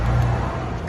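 A rear metal-backed brake pad for a 2011-present Dodge Charger R/T is being handled at the caliper bracket and its spring clips, ready to snap in. Only a steady low hum is heard, a little louder in the first 0.3 seconds, with no distinct hits. Nothing has seated or clicked yet.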